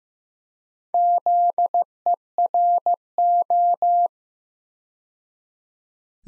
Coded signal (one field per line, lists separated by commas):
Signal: Morse code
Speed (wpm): 15 wpm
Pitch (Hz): 700 Hz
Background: none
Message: ZERO